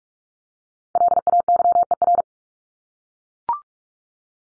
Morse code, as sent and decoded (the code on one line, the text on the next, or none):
.-.. .- -.-- . .-.
LAYER